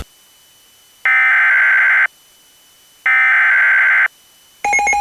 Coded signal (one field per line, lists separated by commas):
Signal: Emergency Alert System (SAME) tones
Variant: header bursts